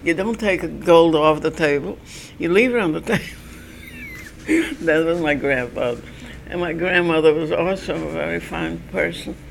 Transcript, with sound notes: You don't take gold off the table. You leave it on the table." (She laughs) That was my grandfather. And my grandmother was also a very fine person.